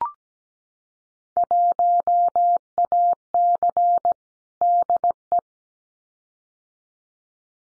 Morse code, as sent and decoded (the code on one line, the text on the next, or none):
.---- .- -.-. / -.. .
1AC DE